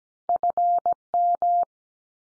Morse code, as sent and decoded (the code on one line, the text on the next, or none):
..-. --
FM